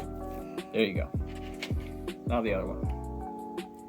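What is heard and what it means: A memory module is handled over a motherboard DIMM slot, but nothing has seated or clicked yet. Someone talks over steady music with a few brief handling knocks, the sharpest at 1.6 s.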